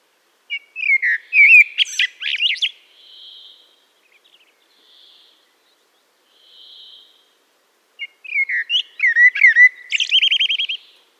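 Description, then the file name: Eurasian blackbird song: two rich warbled phrases, each fluted start climbing into high twittering, with faint hissy notes in the pause between. "Turdus merula"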